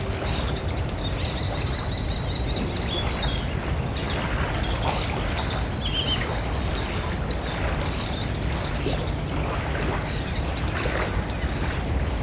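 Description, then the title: Common starling song: very high, metallic trills and squeaky whistled phrases repeated throughout, over a steady low rumble of background noise. Singing very high in metallic upper registers; 54 Rue de la Garonne, Beauzelle, France; Sennheiser MKH8040 microphones in ORTF with a MixPre-6 recorder. "54 Rue de la Garonne, 31700 Beauzelle, France - Un étourneau sansonnet aux trilles métalliques"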